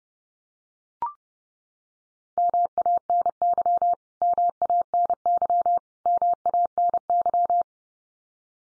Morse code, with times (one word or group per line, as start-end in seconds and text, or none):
2.4-3.9 MANY
4.2-5.8 MANY
6.1-7.6 MANY